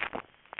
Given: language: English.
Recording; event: throat vibration sensor signal played as sound; swallow